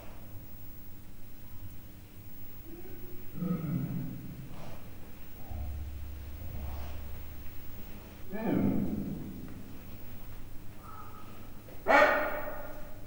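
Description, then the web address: Leopard giving short, rough growling bursts spaced several seconds apart, the loudest near the end, over a steady low hum. Male and female leopards, captive at Miskolc zoo, recorded in 2009; soft growling and short barking yaps. "miskolcizoo 2009 standardt leopard"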